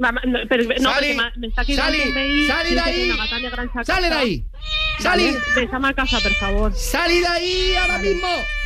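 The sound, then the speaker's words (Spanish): A female cat meows repeatedly in long, drawn-out, wavering cries, loud and insistent, with harmonic tones that rise and fall through each call over several seconds. “¿Cómo se llama la gata?”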